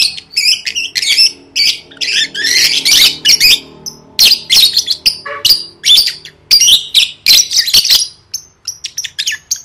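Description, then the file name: Lovebird chatter: a busy, almost unbroken stream of shrill chirps and squawks, fading to a few thin notes at the end. "tieng vet mau don"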